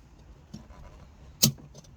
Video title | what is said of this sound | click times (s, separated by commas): HALFORDS UPGRADED BULBS, HEADLIGHT BULBS REPLACED, HOW TO/ HOW I | There you go, heard it click back in. | 1.4 s